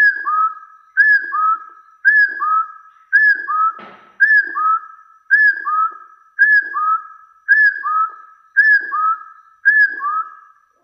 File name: Tieng ga so nui